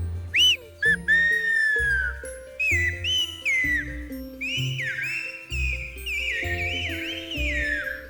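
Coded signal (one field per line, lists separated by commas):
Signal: whistled language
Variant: Silbo Gomero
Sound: loud gliding whistles rising and falling between phrases, with sustained music underneath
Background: background music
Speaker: Estamos hablando del silbo gomero. Se trata de una forma de comunicación que se realiza por medio de silbidos.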